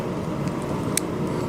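A plastic terminal pin lock on a Dodge Ram gauge cluster wiring connector housing is popped back up by hand, giving one short, sharp click at 0.97 s. The click sounds as the lock releases open over a steady low rumble.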